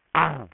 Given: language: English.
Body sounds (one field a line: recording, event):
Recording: throat vibration sensor signal played as sound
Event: throat clearing